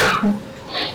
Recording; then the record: coughing mixed with background sound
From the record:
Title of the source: Barking cough - # 10